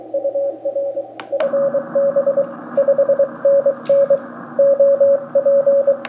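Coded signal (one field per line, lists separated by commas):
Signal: Morse code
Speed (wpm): 23 wpm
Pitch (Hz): 560 Hz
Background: radio noise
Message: UR FB 5NN OP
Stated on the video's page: Heard on an mcHF QRP SDR transceiver.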